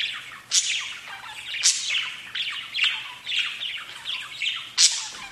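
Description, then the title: Budgerigar chatter with repeated sharp high chirps at irregular intervals between buzzy warbling phrases, a faint low hum underneath. "Budgie Sounds"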